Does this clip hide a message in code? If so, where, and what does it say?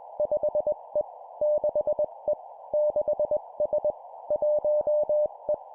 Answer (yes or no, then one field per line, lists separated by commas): yes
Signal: Morse code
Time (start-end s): 0.2-5.5 s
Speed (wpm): 21 wpm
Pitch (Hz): 600 Hz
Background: none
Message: 5E 6E 6S 1E